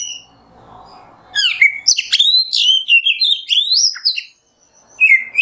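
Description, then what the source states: Oriental magpie-robin song, after a second of quiet a fast stream of high sweeping whistles and chatter, a short gap, then one more whistled phrase. Kacer song in the 'nembak' style, used as masteran tutoring.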